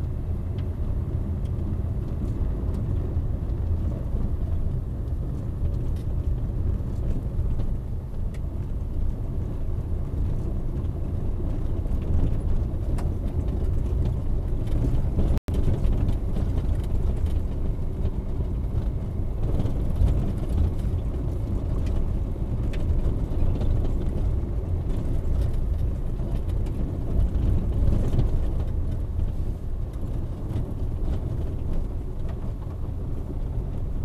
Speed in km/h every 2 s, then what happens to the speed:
26, 26, 23, 21, 20, 21, 19, 21, 22, 24, 24, 25, 22, 21, 19, 16, 15.
0-23 steady at about 22. 23-34 slows to 15.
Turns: 28-34.